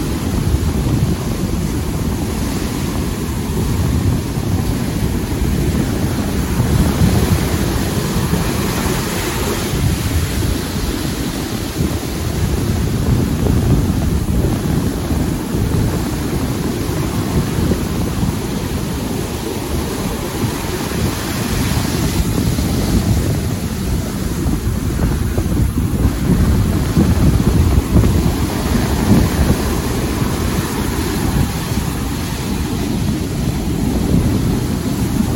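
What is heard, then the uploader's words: Beach sounds on a Florida shore: a steady, dense low rumble of surf and wind buffeting the microphone, swelling slightly around twenty-five seconds. Take an hour to relax with beach sounds from a Florida beach.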